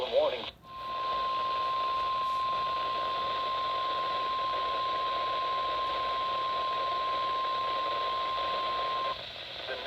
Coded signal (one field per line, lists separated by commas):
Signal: Emergency Alert System (SAME) tones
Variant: 1050 Hz attention tone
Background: speech